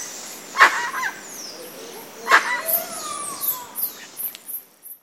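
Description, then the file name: Dusky-legged guan uttering two loud, barking yelps nearly two seconds apart, with thin whistles and high chirps of other birds in the background. Recorded in Itatiaia National Park, Rio de Janeiro state, Brazil. "Penelope-obscura-PNItatiaia RJ-BR."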